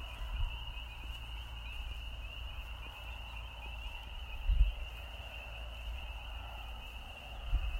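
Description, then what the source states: A chorus of spring peepers forms a continuous high trilling band, with heavy low wind rumble and a few bumps underneath. Recorded in a town on an eastern continent.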